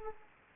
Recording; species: mosquito wingbeat signal from an infrared sensor; Anopheles arabiensis